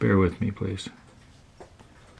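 Someone talks briefly while handling a plastic model ship part at its mounting hole on the model, followed by quiet handling with a few faint light taps near 1.6 and 1.8 seconds. The part has not yet been pushed down into the hole, so nothing has seated or clicked yet.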